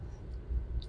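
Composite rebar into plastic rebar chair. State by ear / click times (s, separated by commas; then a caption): not seated / none. GatorBar composite fiberglass rebar is handled over a standard plastic polylock rebar chair, just before being pushed down into its clip. Low, steady handling rumble is heard, with a brief faint high tick near 0.8 s. Nothing has seated or clicked yet.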